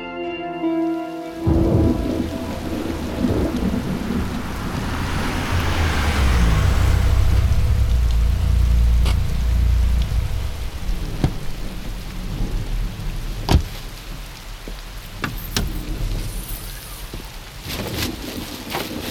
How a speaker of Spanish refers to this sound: Pues ya ves, aquí disfrutando de la lluvia.